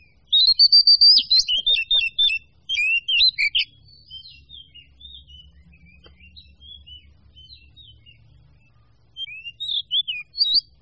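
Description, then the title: Birds singing in quick bursts of high, varied chirps and short whistled notes, a lively run at the start, a quieter patch, then more chirping near the end. "manuk campur"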